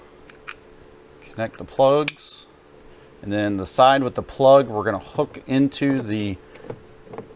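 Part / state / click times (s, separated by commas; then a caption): light fixture into the plastic trim panel cover / seated / 6.7 s, 7.2 s. A light fixture is hooked into the plastic trim panel cover by its plug side and pressed in on a 2010–2023 Toyota 4Runner during a Kicker 8 speaker plug-and-play install. Someone talks, then sharp clicks at 6.7 and 7.2 seconds mark the light snapping into place, seated.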